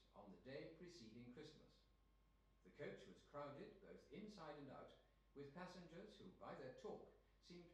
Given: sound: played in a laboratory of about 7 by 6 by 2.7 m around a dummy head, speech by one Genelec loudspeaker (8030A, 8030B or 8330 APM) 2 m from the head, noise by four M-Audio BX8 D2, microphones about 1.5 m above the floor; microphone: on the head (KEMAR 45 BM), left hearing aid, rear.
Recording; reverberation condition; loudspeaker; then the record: male speech in English; medium; 90 degrees to the right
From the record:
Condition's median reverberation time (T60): about 510 ms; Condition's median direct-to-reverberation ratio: about -0.5 dB